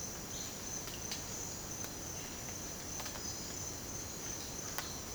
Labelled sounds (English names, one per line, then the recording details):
none
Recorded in dense forest near Puerto Asís, Putumayo, Colombia, on 19 March 2025 at 07:30
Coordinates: 0.481, -76.323
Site G088